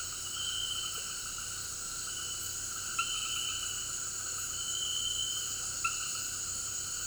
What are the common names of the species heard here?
none